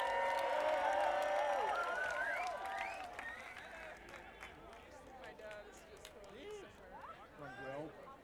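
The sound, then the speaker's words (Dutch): An audience at a street dance demonstration in Amsterdam breaks into applause for the city's night mayor, mixed with whoops and cheering voices, loudest in the first couple of seconds, then a steadier patter of clapping with scattered shouts continues. “Mag ik een tamelijk applaus voor Freek de Nachtburgemeester!”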